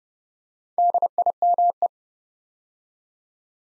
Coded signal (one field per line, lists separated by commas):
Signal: Morse code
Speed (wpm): 30 wpm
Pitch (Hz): 700 Hz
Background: none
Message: DIME